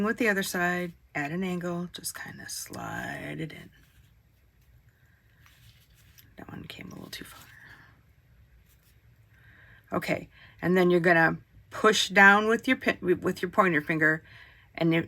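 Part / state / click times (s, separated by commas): zipper tape end into zipper pull/slider / not seated / none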